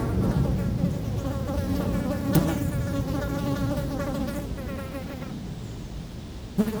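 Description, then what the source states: Fly buzzing in wavering drones over wind rumble, with a sharp click near two and a half seconds and another at the end. Flies feeding on dung, close-up; Chemin de Lombardil, Fenouillet, France, near Blagnac airport; windy day; recorded with Sennheiser MKH8040 ORTF pair and SD MixPre6.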